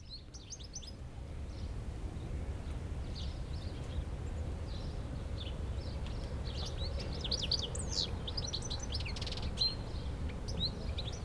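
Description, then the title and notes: European goldfinch twittering: a few chirps at the start, then bursts of rapid, bright, jingling notes through the second half, over a steady low rumble. Chattering in a shrub by the road near Le Tillet, Aix-les-Bains, France. "161 Av. du Petit Port, 73100 Aix-les-Bains, France - Chardonneret. Un chardonneret bavarde dans un arbuste non loin du Tillet près d la route"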